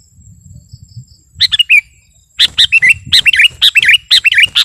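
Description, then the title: Sooty-headed bulbul singing short, bright, bubbly phrases in quick succession after a brief pause, with a thin high insect hum behind. "kutilang"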